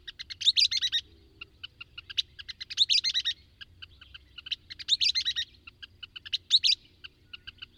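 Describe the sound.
Bird song in short bright phrases of rapid high notes, each a second or less, building to a dense burst, repeated about every two seconds over a low steady hum.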